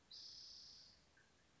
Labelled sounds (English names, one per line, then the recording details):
Spotted Towhee
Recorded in Sonoma County, California